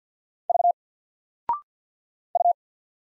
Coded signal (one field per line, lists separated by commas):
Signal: Morse code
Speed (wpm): 50 wpm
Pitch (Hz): 700 Hz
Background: none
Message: V U